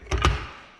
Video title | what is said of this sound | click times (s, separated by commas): HARBOR FRIEGHT JACK REVIEW - IS IT JUNK? | snaps right in pretty easily got a nice set screw here turn that in lock it into place | 0.2 s